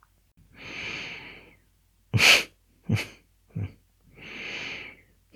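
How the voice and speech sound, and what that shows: A long hissing breath sound, then three abrupt, short grunt-like bursts about half a second apart, then another long hissing breath. These are sudden, repetitive, non-word noises, simple vocal tics in an adult man with Tourette syndrome.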